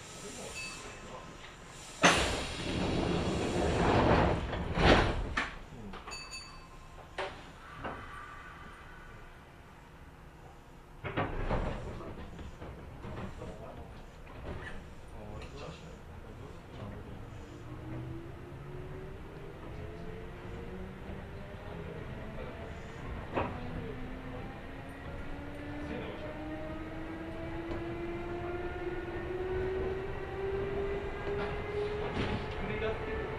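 A Kintetsu Osaka Line semi-express train ride, heard from aboard. Early on there are sharp knocks and clunks around two, five and eleven seconds, then the motor whine rises steadily in pitch as the train accelerates over a low rumble, with a brief click near twenty-three seconds.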